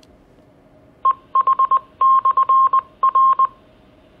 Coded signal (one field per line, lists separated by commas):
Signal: Morse code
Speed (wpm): 20 wpm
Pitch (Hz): 1060 Hz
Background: none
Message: EH/R